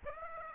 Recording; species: mosquito wingbeat signal from an infrared sensor; Aedes aegypti